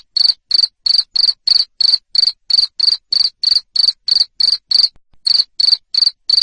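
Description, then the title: Cricket chirps, shrill and evenly spaced at roughly three per second, with one short gap near the end of the sequence. Loud cricket chirping used to stimulate lovebirds to keep singing their ngekek song. "Suara JANGKRIK NGERIK Keras Bikin LOVEBIRD Jadi NGEKEK Terus Vubey"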